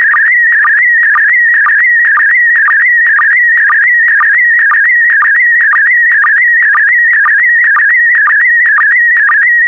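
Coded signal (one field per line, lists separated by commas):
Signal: SSTV (slow-scan television)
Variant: PD120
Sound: continuous warbling whistle near 2 kHz with a short low blip about twice a second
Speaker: 5, 4, 3, 2, 1. Thank you. Transmission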